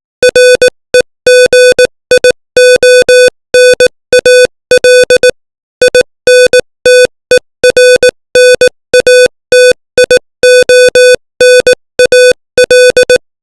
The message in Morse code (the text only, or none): REGIONAL INTERNATIONAL